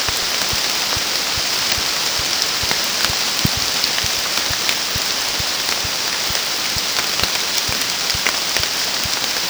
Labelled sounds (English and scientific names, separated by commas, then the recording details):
none
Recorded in secondary vegetation near Puerto Asís, Putumayo, Colombia, on 27 June 2025 at 07:30
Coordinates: 0.484, -76.319
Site G074